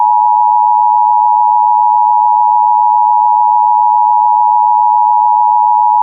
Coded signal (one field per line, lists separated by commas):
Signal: Emergency Alert System (SAME) tones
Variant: 853 and 960 Hz attention tone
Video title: North Carolina BlueAlert for armed and dangerous man (EAS 49)